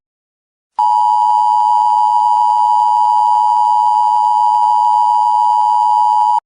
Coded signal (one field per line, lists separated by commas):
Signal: Emergency Alert System (SAME) tones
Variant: 853 and 960 Hz attention tone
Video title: Permanent Total Solar Eclipse An EAS Scenario